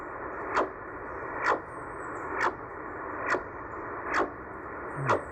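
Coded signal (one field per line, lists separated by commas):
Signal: radar signal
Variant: CODAR coastal HF radar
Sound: six swishing downward sweeps, roughly one per second, over steady hiss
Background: radio static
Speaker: there quite a lot of it here on the 5000 area you can hear pretty good frequency chunk there of kodar for the those that don't know what kodar is it's a um it's a radar system that's on the on the coastal areas of the states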